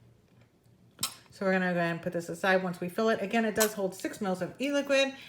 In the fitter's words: I'm loving this lock feature I love hearing it click into place